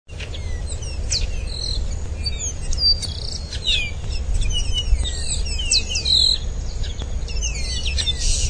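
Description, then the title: Bird song of quick high chirps and sharp downward sweeps, several overlapping notes throughout, over a steady low hum. "LuckyPassaro Completos2Sama"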